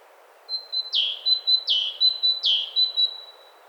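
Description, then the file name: Great tit repeating a two-note phrase: a thin steady high whistle followed by a sharp downslurred note, about three phrases in under four seconds, over faint background hiss. "Parus major"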